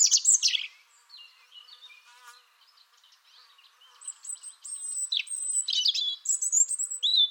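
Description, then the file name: European robin song of high, jumbled phrases: a bright opening flourish, softer scratchy notes after a lull, then a louder run of thin whistles and trills. "Erithacus rubecula"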